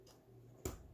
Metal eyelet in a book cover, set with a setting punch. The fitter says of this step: yep i heard a click on that one i